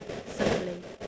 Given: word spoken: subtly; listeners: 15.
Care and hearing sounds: one English word in noise, from a listening test; noise modulated by three-talker babble; -6.3 dB; 1 of 15; 7 of 15; 0.67 s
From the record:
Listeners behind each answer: 7, 1, 1, 1, 1, 1, 1, 1, 1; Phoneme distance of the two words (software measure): 17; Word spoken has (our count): 2 syllables, 5 phonemes, stress on syllable 1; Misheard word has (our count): 3 syllables, 6 phonemes, stress on syllable 1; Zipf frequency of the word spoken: 2.97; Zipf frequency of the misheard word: 4.82

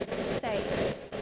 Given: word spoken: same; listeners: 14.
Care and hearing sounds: one English word in noise, from a listening test; noise modulated by three-talker babble; -6.8 dB; 0 of 14; 9 of 14; 0.82 s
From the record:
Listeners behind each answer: 9, 2, 1, 1, 1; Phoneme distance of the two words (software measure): 10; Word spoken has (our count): 1 syllable, 3 phonemes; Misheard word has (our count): 1 syllable, 3 phonemes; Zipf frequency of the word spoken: 5.65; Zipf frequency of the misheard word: 5.10

